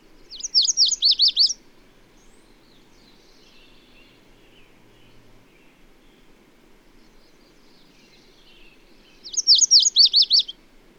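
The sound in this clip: Bird delivers two similar phrases of several rapid high notes, about nine seconds apart, with faint twittering and a low steady hum in between.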